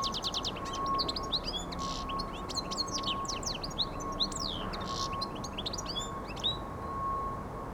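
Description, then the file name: European goldfinch song, a busy stream of high twitters, slurred notes and brief buzzes throughout, with a faint steady tone and low rumble behind. "Carduelis carduelis"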